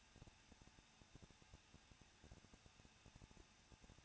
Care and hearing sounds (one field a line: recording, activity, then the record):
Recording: daily activity, microphone in the room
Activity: no activity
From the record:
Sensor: 2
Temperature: 21.0 degrees Celsius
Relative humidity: 37.5%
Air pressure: 1006.2 hPa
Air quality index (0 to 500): 223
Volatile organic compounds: 25 ppm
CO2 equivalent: 2825 ppm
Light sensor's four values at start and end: 2/3/2/2 and 2/3/2/2